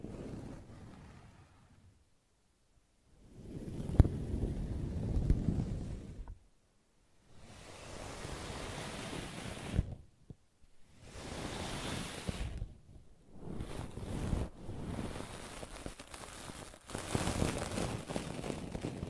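Brushing and scratching in repeated strokes, each a rough, hissing sweep lasting one to three seconds, separated by short silences. The first stroke is low and soft, later ones brighter and scratchier, with a sharper tap near four seconds.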